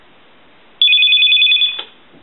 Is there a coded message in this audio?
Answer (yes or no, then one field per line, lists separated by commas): no